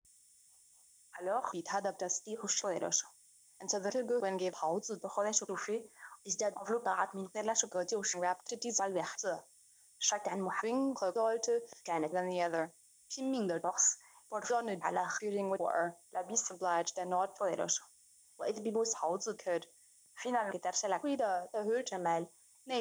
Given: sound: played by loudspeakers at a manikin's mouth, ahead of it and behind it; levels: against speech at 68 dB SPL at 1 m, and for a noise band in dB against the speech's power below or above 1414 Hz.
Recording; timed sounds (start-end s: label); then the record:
test signals for a remote microphone
1.11-22.81 s: speech test signal (ISTS)
From the record:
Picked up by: remote microphone B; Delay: 24 ms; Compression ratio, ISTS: 1.85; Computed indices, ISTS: SII 0.995, HASPI 0.987, HASQI 0.342 (non-linear 0.414, linear 0.827), ESTOI 0.825